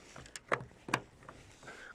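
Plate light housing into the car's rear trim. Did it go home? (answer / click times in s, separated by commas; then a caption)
yes / 0.5 s, 0.9 s. After a new LED bulb is fitted, a plastic number plate light housing is pushed up into its opening in a car's rear trim. Two sharp clicks sound at 0.5 s and 0.9 s, with fainter ticks around them, and the housing clips in and is seated.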